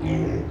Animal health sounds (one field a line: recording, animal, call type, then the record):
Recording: contact call of a hoofed animal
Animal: pig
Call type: closed-mouth grunt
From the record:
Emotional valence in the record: negative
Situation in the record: short social isolation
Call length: 0.51 s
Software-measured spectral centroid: 1120 Hz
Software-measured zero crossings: 670 a second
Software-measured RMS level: -24 dBFS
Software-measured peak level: -13 dBFS